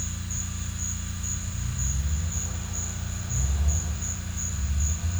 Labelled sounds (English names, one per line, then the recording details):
none
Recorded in secondary vegetation near Puerto Asís, Putumayo, Colombia, on 18 December 2024 at 13:00
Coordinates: 0.485, -76.322
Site GP08